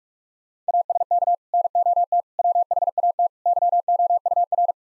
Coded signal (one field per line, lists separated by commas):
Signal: Morse code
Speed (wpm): 46 wpm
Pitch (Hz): 700 Hz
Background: none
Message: ASK NOT WHAT YOUR